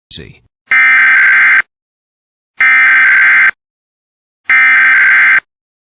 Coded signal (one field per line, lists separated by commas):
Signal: Emergency Alert System (SAME) tones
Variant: header bursts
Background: speech